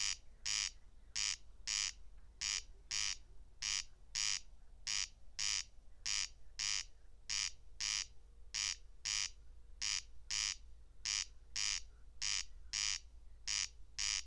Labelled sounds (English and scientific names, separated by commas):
Corn Crake (Crex crex) song